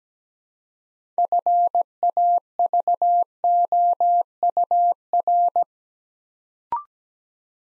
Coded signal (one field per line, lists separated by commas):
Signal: Morse code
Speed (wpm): 17 wpm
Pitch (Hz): 700 Hz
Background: none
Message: FAVOUR